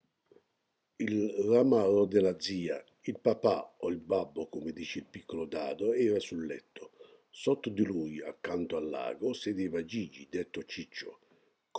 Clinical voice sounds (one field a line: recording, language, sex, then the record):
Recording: read passage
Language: Italian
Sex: male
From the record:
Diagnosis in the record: healthy control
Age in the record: 68 years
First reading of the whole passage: 59 s, 8.7 characters per second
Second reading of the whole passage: 51 s, 9.9 characters per second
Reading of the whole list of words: 42 s, 6.7 characters per second